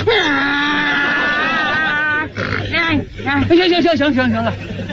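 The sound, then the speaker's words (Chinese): A man loudly imitates a donkey's bray with his voice as a show of vocal mimicry, starting with a long sustained nasal tone, then breaking into rhythmic, pulsing hee-haw cycles that rise and fall in pitch. “因为我从3岁就会学猫叫，4岁的时候就会学狗叫，到现在我连驴叫我都能学。你要不信我给你学学。”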